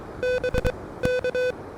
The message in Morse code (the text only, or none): B K